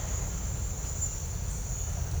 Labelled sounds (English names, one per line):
none